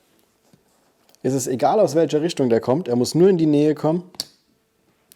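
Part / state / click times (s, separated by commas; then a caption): magnetic buckle closing on a motorcycle tank bag strap / seated / 5.1 s. A magnetic snap buckle on the strap of an EMD ASKJA 6 motorcycle tank bag is brought together while someone talks, and it locks by itself once it comes close. A single sharp click is heard at 5.1 s as the buckle snaps shut and is fixed.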